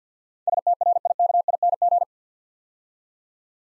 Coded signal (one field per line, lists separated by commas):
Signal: Morse code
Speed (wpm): 48 wpm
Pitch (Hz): 700 Hz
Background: none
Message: STRIKING